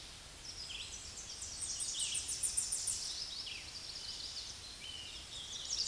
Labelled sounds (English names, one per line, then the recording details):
Tennessee Warbler song
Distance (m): 20 m
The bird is about level with the microphone
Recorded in a Pennsylvania forest on 16 May 2024 at 09:52
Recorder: AudioMoth, point MSD-0263
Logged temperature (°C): 16.0 °C
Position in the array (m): 74 m, 198 m